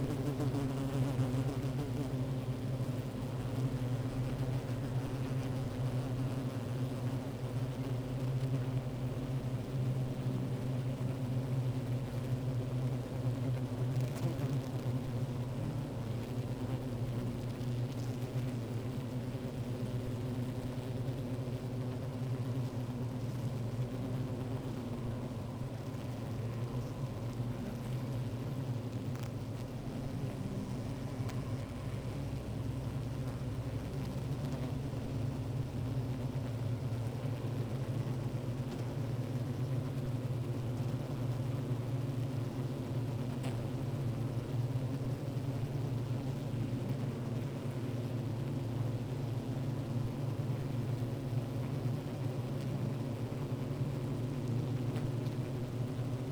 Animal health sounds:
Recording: honeybee colony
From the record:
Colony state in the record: active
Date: 28 July 2017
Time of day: 15:16

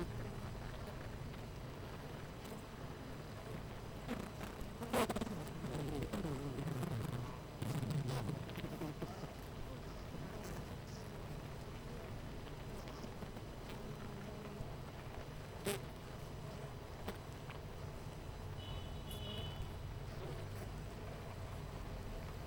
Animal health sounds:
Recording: honeybee colony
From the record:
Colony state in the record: missing queen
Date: 14 July 2017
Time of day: 8:27

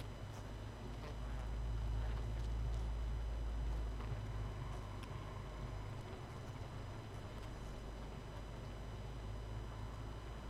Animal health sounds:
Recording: honeybee colony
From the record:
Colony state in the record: missing queen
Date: 31 May 2018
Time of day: 23:40

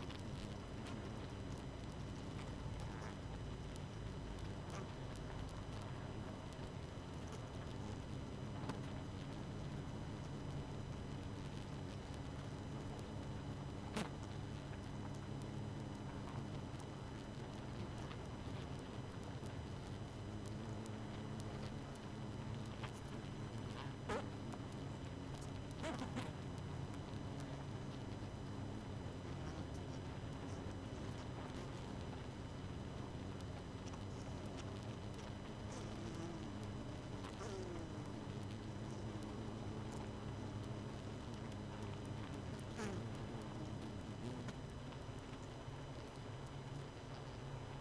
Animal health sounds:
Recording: honeybee colony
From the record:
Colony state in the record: missing queen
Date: 31 May 2018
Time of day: 22:35

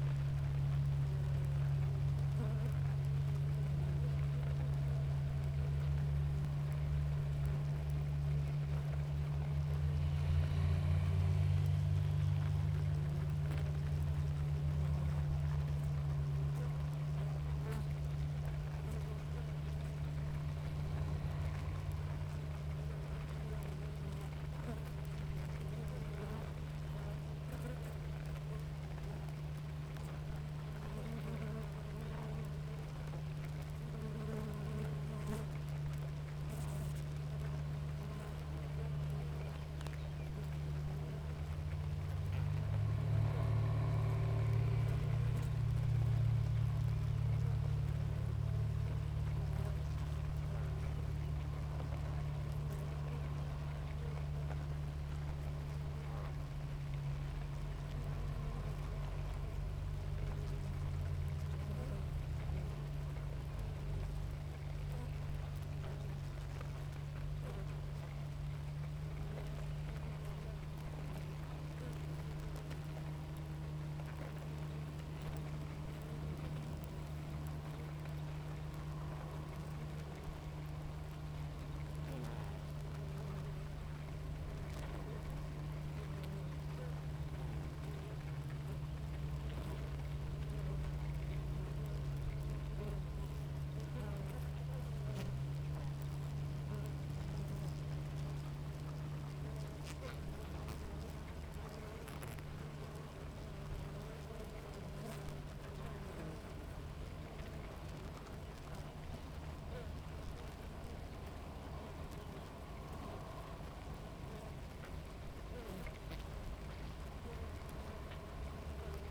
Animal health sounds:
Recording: honeybee colony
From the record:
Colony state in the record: active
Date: 28 July 2017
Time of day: 7:10

